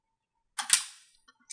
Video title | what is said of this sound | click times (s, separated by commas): D39 AV Training Video 5 | And the click you heard is the thing going down the rail. | 0.7 s